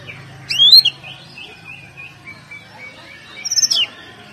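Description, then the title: Oriental magpie-robin song with a sharp rising whistle, a quieter wavering trill, then another high slurred phrase; low hum in the background. "Kacer"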